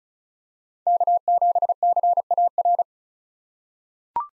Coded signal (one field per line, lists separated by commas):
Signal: Morse code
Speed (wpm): 36 wpm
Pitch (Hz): 700 Hz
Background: none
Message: K7CAR